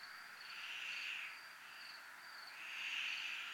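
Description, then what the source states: Cricket: a high, rhythmic pulsed trill with two broad rasping swells rising and falling across the few seconds. Recorded at a 'zona militar' (military zone).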